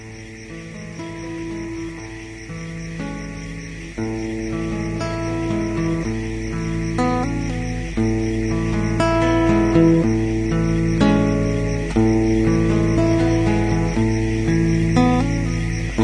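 A steady, high, shimmering chirr of crickets runs in the background of a song, beneath instrumental music with sustained harmonic tones that grows fuller and louder in stages.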